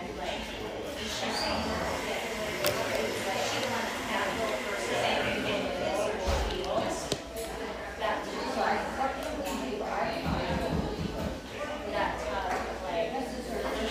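A humming café near the beach north of San Diego: a dense, steady murmur of many overlapping voices fills the whole clip. Sharp clinks and knocks, like dishes or cups, cut through now and then, around the third, seventh and tenth seconds.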